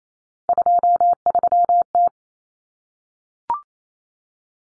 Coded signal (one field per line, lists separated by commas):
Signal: Morse code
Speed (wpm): 28 wpm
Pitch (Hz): 700 Hz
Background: none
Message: 23T